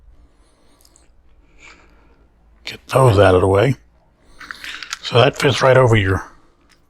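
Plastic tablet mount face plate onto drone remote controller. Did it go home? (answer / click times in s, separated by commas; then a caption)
no / none. A plastic face plate from a tablet mount adapter is handled and pressed over the front of a drone remote controller while someone talks, with soft taps and rustling handling noises in between. The clip ends before the plate snaps into place; nothing has seated or clicked yet.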